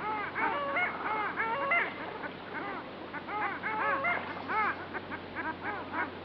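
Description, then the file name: Long-tailed ducks calling in chorus, arched, yodelling nasal notes overlapping continuously, with a low steady hum beneath. "Digiffects Sound Effects Library - Long Tailed Duck"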